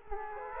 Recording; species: mosquito wingbeat signal from an infrared sensor; Aedes aegypti